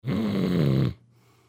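A single low, rumbling snore from an adult sleeper lasts just under a second. Its pitch sits low and drifts slightly downward, and it ends abruptly in near silence. It is an ordinary snore.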